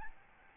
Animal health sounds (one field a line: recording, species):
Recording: mosquito wingbeat signal from an infrared sensor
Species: Aedes albopictus